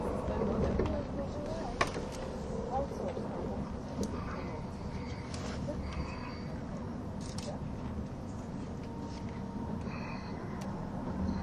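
Inside an ETR610 tilting train, a steady low rumble and rush of running noise continues, with faint voices and occasional clicks and squeaks.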